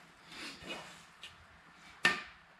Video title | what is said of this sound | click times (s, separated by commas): 2005 Chevy Corvette - V4.0 - Ep 37 - Mickey Thompson Drag Slicks + MacFab Beadlocks | right you guys heard that click that is the valve stem sealed against the wheel so | 2.1 s